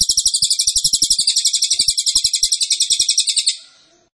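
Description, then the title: Cililin song: a long, fast trill of high, sharp notes repeated in an even rhythm for about three and a half seconds, ending suddenly. Cililin song, used to teach songbirds. "Cililin AMPUH. Masteran Burung cililin masteran sang juara"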